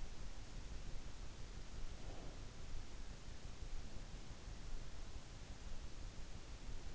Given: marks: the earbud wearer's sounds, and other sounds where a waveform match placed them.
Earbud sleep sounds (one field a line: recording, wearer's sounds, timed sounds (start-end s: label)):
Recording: sounds in sleep by an in-ear microphone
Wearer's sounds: breath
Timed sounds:
1.57-2.91 s: breath